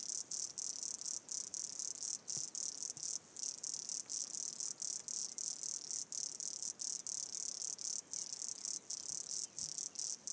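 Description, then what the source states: Insects calling with a continuous high-pitched shrill buzz, chopped into pulses by short pauses. Soundscape recorded in Chapada Diamantina park, Brazil.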